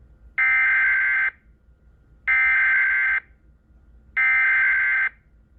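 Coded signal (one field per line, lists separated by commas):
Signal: Emergency Alert System (SAME) tones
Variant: header bursts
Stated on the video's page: Severe thunderstorm warning issued by the National Weather Service.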